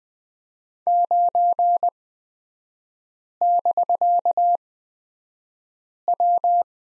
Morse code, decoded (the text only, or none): 9<BK>W